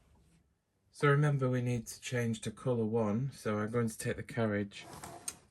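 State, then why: Not seated. Someone talks while about to move the carriage of a Brother KH-260/270 knitting machine out past the color changer to select color one. The carriage has not yet engaged the color changer, and nothing has clicked or seated yet. A brief sharp tap is heard near 5.3 s, just as the speech ends.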